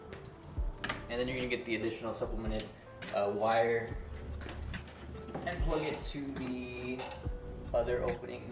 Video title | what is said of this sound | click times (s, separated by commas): Installing the COOLEST TAILLIGHTS on my Ford Fusion! | in this one to the original factory housing pretty easy make sure it clicks | 0.8 s